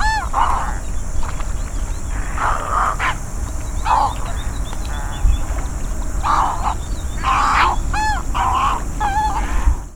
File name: Garceta Nivosa